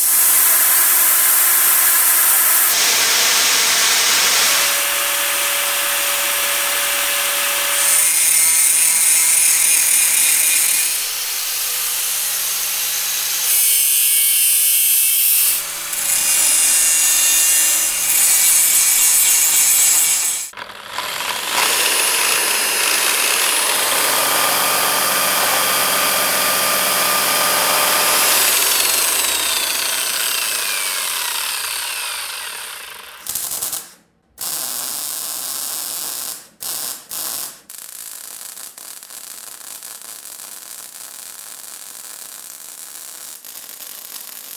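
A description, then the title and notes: Loud machine and tool noise changes every few seconds, with bright whining tones, whirring motors, brief cutoffs near 34 seconds and steadier hum afterward. PH - Machines, Engines, Tools.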